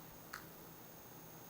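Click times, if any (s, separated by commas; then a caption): 0.3 s. The axis lock on the plastic/metal arm of a lightweight, compact budget 3-axis DSLR camera gimbal is released to balance the gimbal. A single sharp click is heard at 0.3 s, with quiet background before and after. The lock clicks open and is released.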